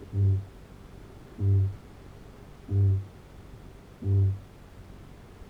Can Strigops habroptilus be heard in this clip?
yes